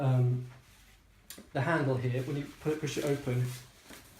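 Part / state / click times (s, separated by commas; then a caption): umbrella runner into its open-position catch on the shaft / not seated / none. Someone talks while handling a Blunt XL Windproof umbrella, pushing its handle and runner up the shaft toward the open-position catch to open the canopy. Only speech is heard, and nothing has seated or clicked yet.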